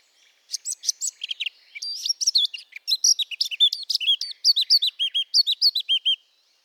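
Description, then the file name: Eurasian blackcap singing a fast, varied warble of high slurred whistles and chirps, notes tumbling in quick phrases between brief pauses. "Sylvia atricapilla"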